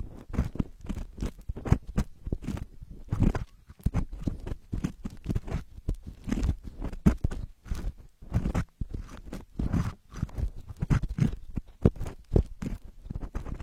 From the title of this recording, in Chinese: 掏耳